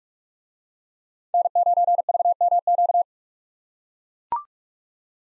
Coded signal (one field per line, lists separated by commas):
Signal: Morse code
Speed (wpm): 42 wpm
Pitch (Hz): 700 Hz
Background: none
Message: N9VMQ